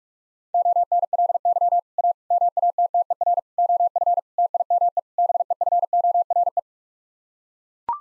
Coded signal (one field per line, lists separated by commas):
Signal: Morse code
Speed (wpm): 41 wpm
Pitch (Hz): 700 Hz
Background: none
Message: ONLY A MATTER OF TIME BEFORE